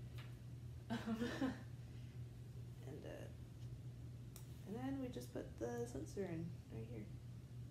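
A continuous glucose monitor sensor/transmitter is handled as it is fitted toward its on-body housing. Someone talks throughout over a steady low hum, with a brief sharp transient near 4.4 s. The clip ends before the part goes home, and nothing has seated or clicked yet.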